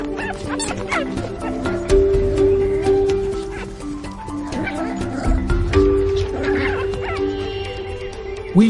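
Dog barking and whining, with short barks and drawn-out tonal whines around two and six seconds over steady background hum.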